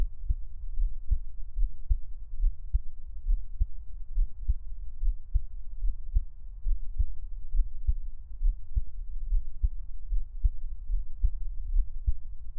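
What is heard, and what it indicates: Soft, low thumping heartbeats repeat at an even pace, about 72 beats a minute, with no talking over them. A steady low hum runs underneath throughout. The rhythm is regular, with no pauses or extra beats.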